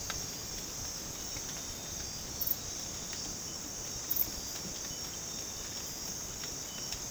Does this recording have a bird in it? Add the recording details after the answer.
no. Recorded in dense forest near Puerto Asís, Putumayo, Colombia, on 12 March 2025 at 04:00. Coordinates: 0.486, -76.317. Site G053